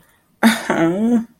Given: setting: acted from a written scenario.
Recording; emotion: vocal sound without words; disappointment